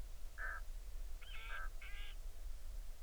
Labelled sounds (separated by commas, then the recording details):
bird
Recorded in the Arctic National Wildlife Refuge, Alaska, on 20 July 2019 at 02:46
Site 38